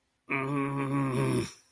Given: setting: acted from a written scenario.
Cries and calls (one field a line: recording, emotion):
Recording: vocal sound without words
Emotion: pain